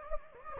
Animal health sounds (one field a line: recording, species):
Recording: mosquito wingbeat signal from an infrared sensor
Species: Anopheles gambiae